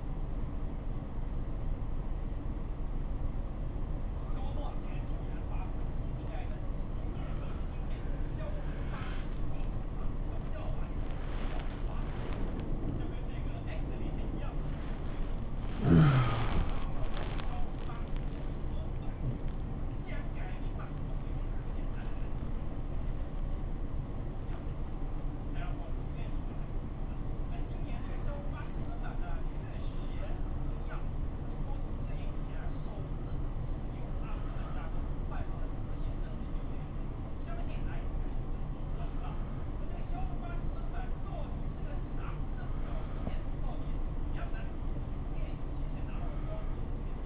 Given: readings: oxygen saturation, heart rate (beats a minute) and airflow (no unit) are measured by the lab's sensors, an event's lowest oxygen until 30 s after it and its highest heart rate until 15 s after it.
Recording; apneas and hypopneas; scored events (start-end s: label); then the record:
a person awake in a sleep study, by a smartphone at the bedside; none
0.00-47.26 s: awake
From the record:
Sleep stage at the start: awake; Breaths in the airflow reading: 15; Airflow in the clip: -0.7 to 0.8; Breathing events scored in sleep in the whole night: 403 in 5.5 hours asleep